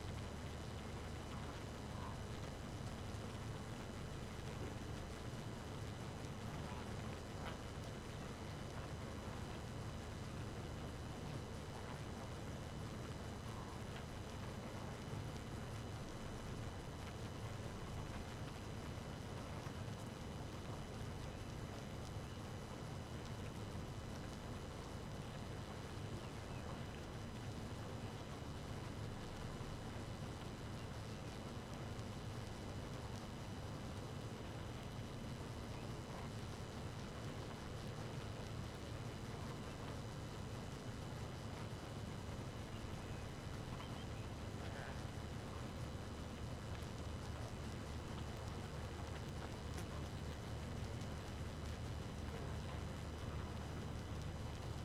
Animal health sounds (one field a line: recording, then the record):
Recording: honeybee colony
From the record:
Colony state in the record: active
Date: 12 June 2018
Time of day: 2:44